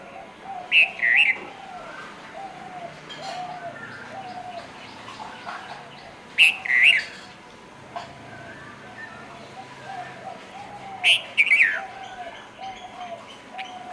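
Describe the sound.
Red-vented bulbul singing brief cheery warbled phrases roughly every five seconds, three in all, over a steady backdrop of low dove-like cooing and twittering.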